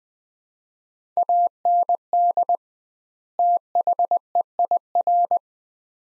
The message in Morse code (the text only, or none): AND THEIR